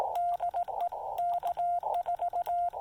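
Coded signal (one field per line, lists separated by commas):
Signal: Morse code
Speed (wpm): 18 wpm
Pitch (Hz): 700 Hz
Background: radio noise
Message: DE K4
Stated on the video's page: SOTA summit activation using a Yaesu FT-817 at 2.5 watts QRP into a CHA MPAS Lite antenna.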